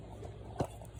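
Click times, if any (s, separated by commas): none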